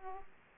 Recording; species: mosquito wingbeat signal from an infrared sensor; Aedes aegypti